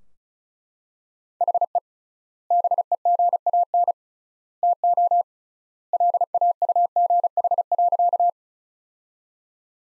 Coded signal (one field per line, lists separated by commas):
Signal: Morse code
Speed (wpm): 34 wpm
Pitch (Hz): 700 Hz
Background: none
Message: HE BEGAN TO LAUGH.